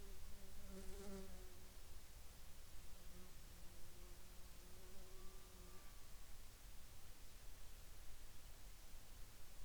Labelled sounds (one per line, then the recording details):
bird
insects
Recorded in the Arctic National Wildlife Refuge, Alaska, on 8 July 2021 at 01:21
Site 49